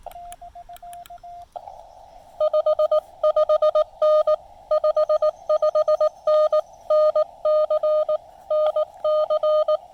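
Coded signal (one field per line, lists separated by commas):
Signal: Morse code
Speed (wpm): 19 wpm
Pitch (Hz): 610 Hz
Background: none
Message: 55N 55N NC NC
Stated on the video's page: Lab599 Discovery TX-500 transceiver with MFJ-1984LP antenna, QRP portable activation on the Blue Ridge Parkway.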